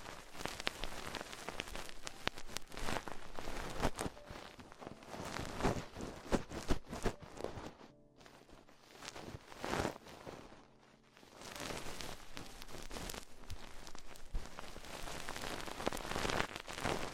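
Ear exploration sounds: dense, crackly tapping and rustling that patters like rain, with quick irregular strokes running almost without pause. Around the eight-second mark and again near eleven seconds the sound thins to a brief near-silence before the busy scratching resumes.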